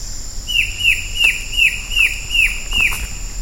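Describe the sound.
Bird giving seven quick, evenly spaced downslurred chips, each note dropping in pitch, over a constant high-pitched background hum.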